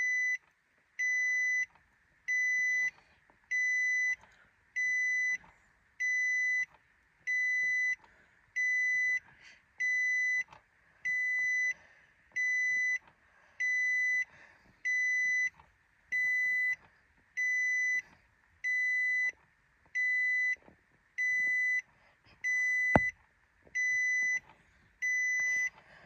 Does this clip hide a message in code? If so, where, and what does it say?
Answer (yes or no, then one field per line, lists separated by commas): no